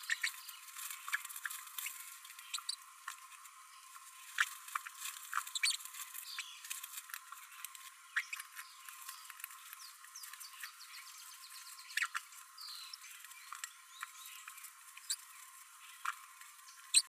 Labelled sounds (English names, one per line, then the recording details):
Green-rumped Parrotlet babbling
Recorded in a nest box in Venezuela
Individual 18B12A1